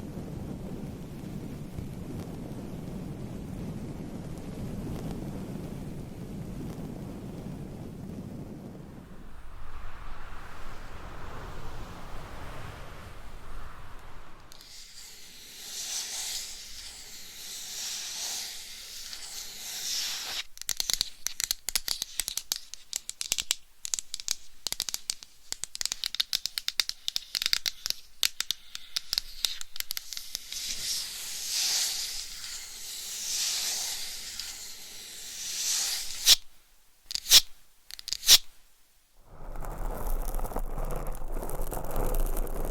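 Dry scratching runs through the clip. It opens with a soft, low rubbing, turns to a hissy brushing around ten seconds, then from about fifteen seconds becomes bright, dense scratching in quick strokes, with brief silent breaks near the end.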